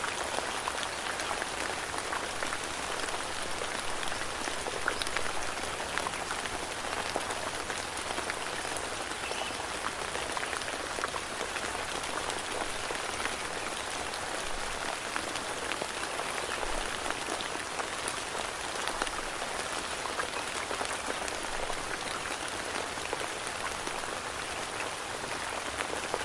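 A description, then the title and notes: Steady rain falls throughout, a dense, even hiss of countless drops striking a surface. The sound is bright and crackling, with tiny individual splats pattering through it and a faint low rumble underneath. Nothing changes in intensity across the recording. Rain ambience, The sound of rain, Rain soundscapes. Sounds of rain.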